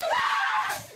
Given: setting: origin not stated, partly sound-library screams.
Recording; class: one-second piece from a danger detection set; woman in danger